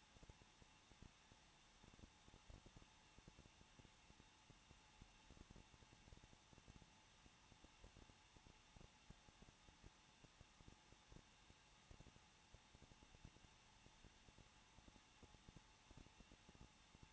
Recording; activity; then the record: daily activity, microphone in the room; no activity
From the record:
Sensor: 1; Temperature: 20.1 degrees Celsius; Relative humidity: 39.2%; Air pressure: 1006.3 hPa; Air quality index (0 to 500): 218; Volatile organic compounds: 78 ppm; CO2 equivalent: 3594 ppm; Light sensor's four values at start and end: 1/2/1/1 and 1/2/1/1